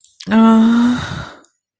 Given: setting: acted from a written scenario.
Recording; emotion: vocal sound without words; shame